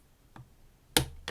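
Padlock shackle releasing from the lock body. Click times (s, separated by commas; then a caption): 1.0 s. While a brass Paclock military padlock is being picked, a faint tick sounds at 0.4 s, then the last pin sets and the shackle springs open with a sharp, loud click at 1.0 s. A second click follows at 1.3 s, and the padlock is open.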